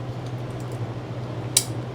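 A wire retaining clip for the fork seal is worked into its groove in the fork lower leg, round end first, then its open ends are pushed in with a flathead screwdriver. A steady low hum runs under faint scraping until a single sharp metallic click at 1.6 s. The clip seats home on both sides.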